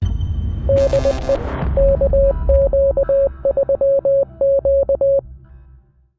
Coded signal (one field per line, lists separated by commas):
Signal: Morse code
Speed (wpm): 20 wpm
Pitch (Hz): 550 Hz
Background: none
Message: DE KQ3Q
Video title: Morse Code (CW) Copying Practice - POTA at Biscayne National Park with YL #KQ3Q